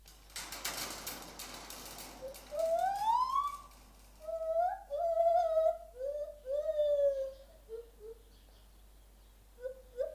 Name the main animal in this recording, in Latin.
Hylobates lar